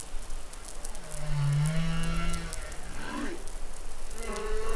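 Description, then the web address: Humpback whale song: a long low groaning moan, then a falling sweep and a higher tonal note, amid steady underwater crackle. Recorded in New Caledonia on 20 July 2013. "SOUNDLIB Glotin etal MEDsea Arctiqueet Pacific Baleinea Bosse Nouvelle Caledonie 20130720 Glotin"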